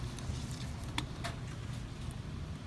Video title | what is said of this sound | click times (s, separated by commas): Changing Spark Plugs in a 1996 Ford F-150 | push it on there until it clicks. | 1.0 s